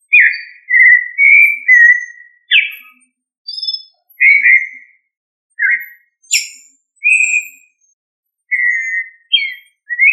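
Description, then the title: Thrush singing a series of clear whistled phrases, some level and some sliding, separated by brief pauses. A few high, sharp notes are mixed in, with a quiet background. "Familia Turdidae - Sabia"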